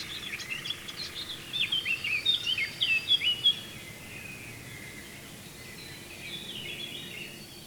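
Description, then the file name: Eurasian blackcap song, a short warbled phrase of about two seconds, with fainter twittering before and after over a steady hiss. "Sylvia atricapilla"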